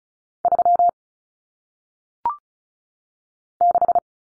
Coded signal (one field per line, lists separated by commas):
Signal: Morse code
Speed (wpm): 35 wpm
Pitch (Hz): 700 Hz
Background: none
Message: 3 6